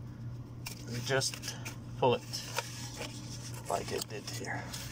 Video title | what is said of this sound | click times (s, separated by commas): EGR VSV toyota camry | here press on the outer tab you see you hear the click | 0.7 s